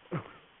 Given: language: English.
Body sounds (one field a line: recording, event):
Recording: throat vibration sensor signal played as sound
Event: cough